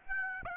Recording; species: mosquito wingbeat signal from an infrared sensor; Aedes aegypti